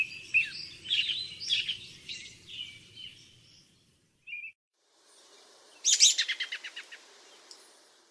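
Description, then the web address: American robin singing: several warbled, whistled phrases, then a short pause and a single note, followed by a rapid fading series of sharp notes. Western USA. "Songs of Birds of North America Western USA Songbirds. American Robin"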